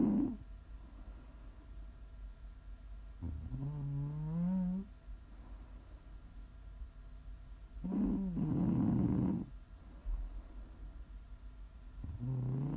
Prime ASMR snoring.